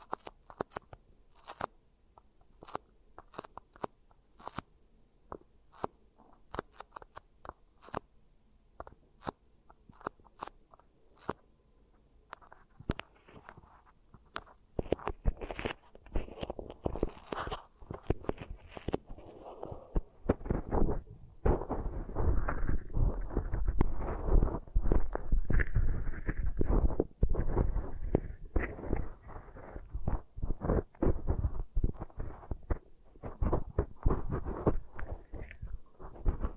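Beeswax ear triggers: sticky, crackling taps and squishes in quick irregular bursts. The first fifteen seconds are sparse and quieter, with sharp clicks; after that the crackling thickens into dense, louder kneading and rustling that continues to the end.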